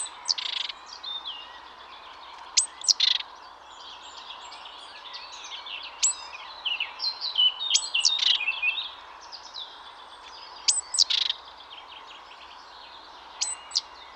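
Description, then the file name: Great tit calls: repeated pairs of high thin notes with buzzy rasping bursts, recurring several times, over a steady background of chattering birds. "Parus major"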